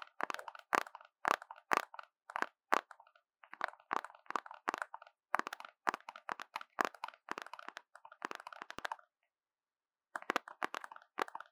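Random objects are tapped in quick, irregular bursts of crisp, crackly clicks, with a brief pause near ten seconds before tapping resumes.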